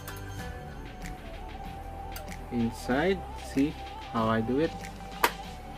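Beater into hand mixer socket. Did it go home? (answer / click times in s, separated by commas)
yes / 5.2 s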